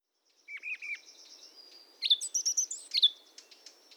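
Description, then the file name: Eurasian blackcap song: a few chattering notes, then a short burst of sharp whistled and scratchy notes. "Sylvia atricapilla"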